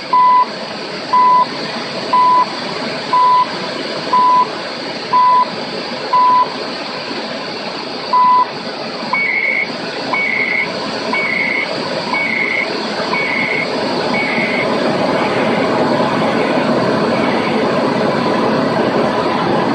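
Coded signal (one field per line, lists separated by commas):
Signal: radio time signal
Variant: CHU Canada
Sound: short 1 kHz ticks each second with one missing, then fainter higher pulses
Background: radio static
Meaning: Each tick marks one second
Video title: Time signal from CHU Canada @ 14670 kHz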